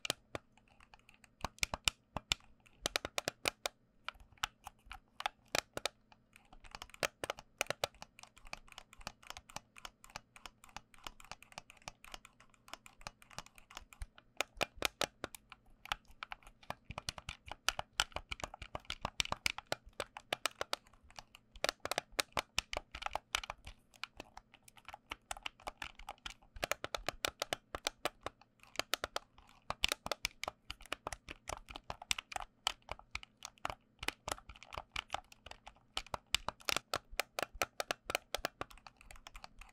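Sharp switch clicks and key presses tap out in quick, irregular bursts throughout, crisp over a faint low hum.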